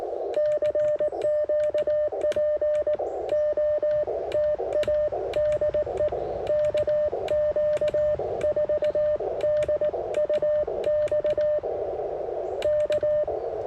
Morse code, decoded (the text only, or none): CQ POTA DE KQ4DUX K